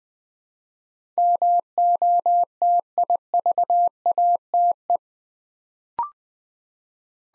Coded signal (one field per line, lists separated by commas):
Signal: Morse code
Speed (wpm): 20 wpm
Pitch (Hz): 700 Hz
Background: none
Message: MOTIVATE